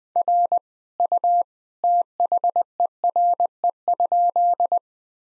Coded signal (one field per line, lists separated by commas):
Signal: Morse code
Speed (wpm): 20 wpm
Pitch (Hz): 700 Hz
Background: none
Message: R U THERE?